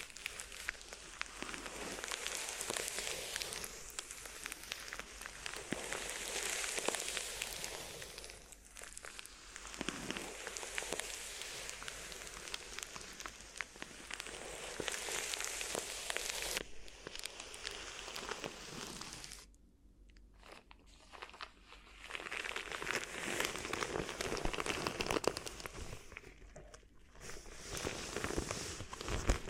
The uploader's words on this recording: ASMR Addictive Crinkly Ear Massage (No Talking).